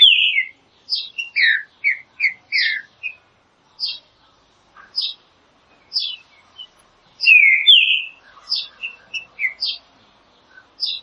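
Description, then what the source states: Green-winged saltator song: loud slurred whistled phrases of several notes, repeated with short pauses, with high thin chirps between. Classic song style, used for training.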